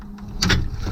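A plastic fuel line quick-connect coupling on a Renault Megane Mk3 is pushed down onto the fuel filter housing spigot. A sharp click at 0.4 s rises above the low background hum, and the connector is seated.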